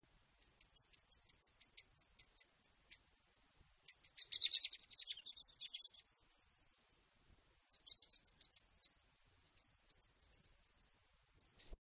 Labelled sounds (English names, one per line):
Common Blackbird call